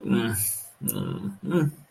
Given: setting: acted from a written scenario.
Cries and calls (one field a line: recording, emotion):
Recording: vocal sound without words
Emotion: negative surprise